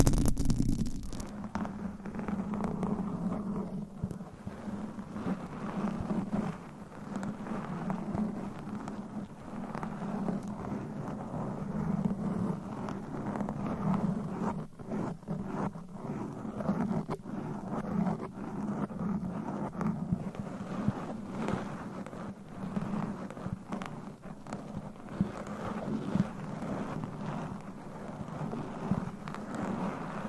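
Continuous rough scratching on a microphone, layered into a dense, restless texture with no pauses. A low rumbling band holds steady underneath while quick scrapes and brief crackles flicker throughout, with slightly sharper bursts around the middle and near the end.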